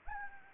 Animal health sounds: mosquito wingbeat signal from an infrared sensor; Anopheles gambiae

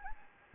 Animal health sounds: mosquito wingbeat signal from an infrared sensor; Anopheles gambiae

